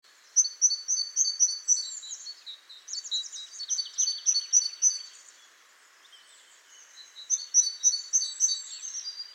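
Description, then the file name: Great tit calls, rapid series of evenly spaced high chirps, a buzzy trill in the middle, a short quiet pause, then another fast chirping run. "Parus major"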